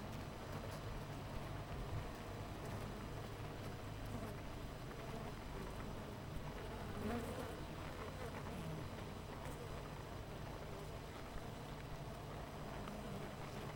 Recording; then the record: honeybee colony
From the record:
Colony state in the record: missing queen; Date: 14 July 2017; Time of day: 8:24